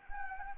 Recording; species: mosquito wingbeat signal from an infrared sensor; Anopheles arabiensis